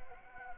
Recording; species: mosquito wingbeat signal from an infrared sensor; Anopheles gambiae